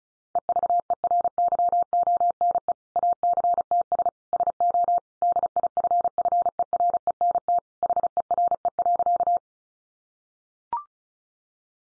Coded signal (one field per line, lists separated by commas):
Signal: Morse code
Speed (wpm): 34 wpm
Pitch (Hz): 700 Hz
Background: none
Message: EVERYONE ACTS SO DIFFERENT HERE.